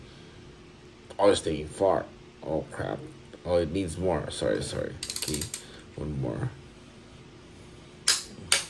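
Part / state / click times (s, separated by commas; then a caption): cylinder head bolt into engine block, torque wrench / torque reached / 8.1 s, 8.5 s. A click-type torque wrench tightens a cylinder head bolt into the block of a B20 engine during the final torque step. Someone talks through a first pull that falls short. On the second pull the wrench clicks at its setting at 8.1 s and 8.5 s, and the click is confirmed.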